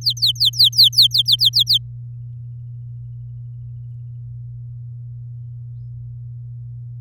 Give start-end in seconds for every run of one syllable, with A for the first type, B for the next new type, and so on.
0.01-1.78 A